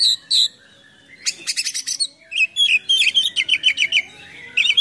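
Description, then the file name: Oriental magpie-robin song: high whistled notes, dense buzzy trills, then a quick series of sharp rising chirps and a final whistle. Full song with many imitated phrases (gacor, full isian), described as luxurious. "KACER GACOR FULL ISIAN MEWAH"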